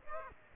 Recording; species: mosquito wingbeat signal from an infrared sensor; Aedes aegypti